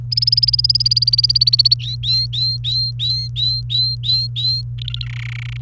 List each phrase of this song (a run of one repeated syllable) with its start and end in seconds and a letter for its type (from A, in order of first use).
0.12-1.74 A, 1.80-4.62 B, 4.78-5.06 C, 5.06-5.57 D